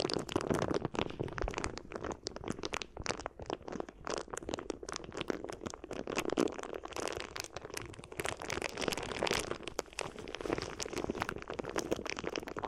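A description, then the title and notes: Crinkly ear massage sounds fill the clip with dense, continuous crackling and rustling, like plastic or foil being rubbed and squeezed. Sharp crunches come rapidly and irregularly throughout, with a low rumbling texture underneath and no pauses across the thirteen seconds. ASMR Addictive Crinkly Ear Massage (No Talking).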